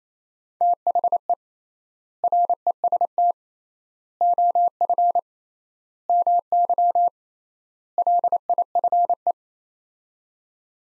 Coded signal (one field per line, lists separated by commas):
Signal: Morse code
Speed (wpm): 28 wpm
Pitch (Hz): 700 Hz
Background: none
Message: THE REST OF MY LIFE